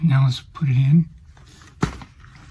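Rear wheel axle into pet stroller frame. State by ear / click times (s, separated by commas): seated / 1.8 s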